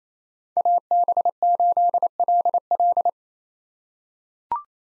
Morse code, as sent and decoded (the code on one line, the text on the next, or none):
.- -... ---.. .-.. .-..
AB8LL